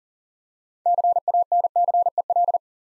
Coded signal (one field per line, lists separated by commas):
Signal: Morse code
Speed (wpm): 39 wpm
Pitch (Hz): 700 Hz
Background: none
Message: CANCEL